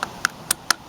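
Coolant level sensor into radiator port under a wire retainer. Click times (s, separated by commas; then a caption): 0.7 s. A new coolant level sensor with antifreeze-lubed O-rings is pushed into the radiator port, its tapered edge sliding under the retaining wire. A short run of sharp clicks is heard at about 0.0, 0.3 and 0.5 s. The loudest click, at 0.7 s, is the sensor snapping into place under the wire, seated.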